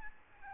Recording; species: mosquito wingbeat signal from an infrared sensor; Aedes albopictus